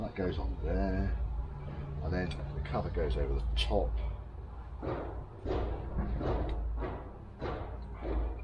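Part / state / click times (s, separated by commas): plastic cover over seat switch/ECU assembly in a car / not seated / none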